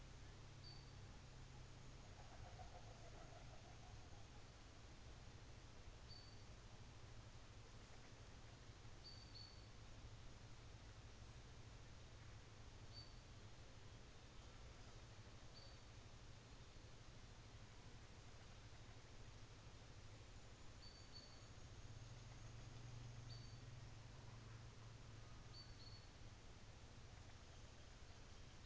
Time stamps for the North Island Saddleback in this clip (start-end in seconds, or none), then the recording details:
none. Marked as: faintness 5/5, faintness 4/5. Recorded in New Zealand on 24 December 2018. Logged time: 15:05